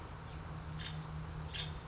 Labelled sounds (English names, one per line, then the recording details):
Nuttall's Woodpecker
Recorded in Sonoma County, California